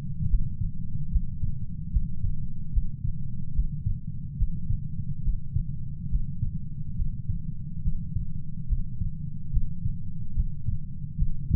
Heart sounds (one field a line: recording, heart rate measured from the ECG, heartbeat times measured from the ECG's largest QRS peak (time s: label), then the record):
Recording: heart sounds by stethoscope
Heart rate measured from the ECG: 72 bpm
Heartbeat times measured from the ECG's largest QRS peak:
0.25 s: heartbeat
1.07 s: heartbeat
1.88 s: heartbeat
2.69 s: heartbeat
3.51 s: heartbeat
4.34 s: heartbeat
5.20 s: heartbeat
6.07 s: heartbeat
6.94 s: heartbeat
7.80 s: heartbeat
8.65 s: heartbeat
9.49 s: heartbeat
10.32 s: heartbeat
11.14 s: heartbeat
From the record:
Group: healthy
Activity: Valsalva maneuver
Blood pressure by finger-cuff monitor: 92/64 mmHg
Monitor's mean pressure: 75 mmHg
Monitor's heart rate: 71 bpm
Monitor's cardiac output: 5.5 L/min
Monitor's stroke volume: 78 mL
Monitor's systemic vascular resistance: 990 dyn s/cm5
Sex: female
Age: 26 years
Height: 165 cm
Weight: 55 kg